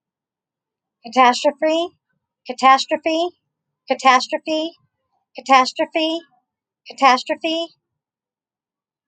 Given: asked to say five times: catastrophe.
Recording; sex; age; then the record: repeated word; female; 40 to 49 years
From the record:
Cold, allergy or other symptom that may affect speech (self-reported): no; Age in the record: 44 years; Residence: Oklahoma, United States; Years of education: 16